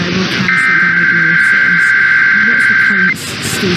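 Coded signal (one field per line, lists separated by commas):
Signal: Emergency Alert System (SAME) tones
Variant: header bursts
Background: speech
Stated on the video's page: Recorded overnight monthly tests for Maryland and Nevada plus a radio station's weekly test.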